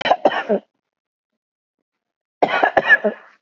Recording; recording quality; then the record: shallow voluntary cough; excellent, no background noise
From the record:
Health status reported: exposed to COVID-19, no respiratory illness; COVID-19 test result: negative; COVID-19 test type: RT-PCR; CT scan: taken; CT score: 5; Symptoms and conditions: cough, cold, sore throat, fatigue, loss of smell and taste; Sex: male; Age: 65 years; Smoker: yes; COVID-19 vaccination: both doses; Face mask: worn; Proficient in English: no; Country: India